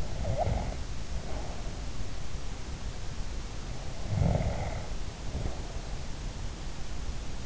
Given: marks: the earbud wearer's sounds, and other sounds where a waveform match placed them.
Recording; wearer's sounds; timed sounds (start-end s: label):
sounds in sleep by an in-ear microphone; snoring breath
0.00-1.81 s: snoring breath
4.13-6.33 s: snoring breath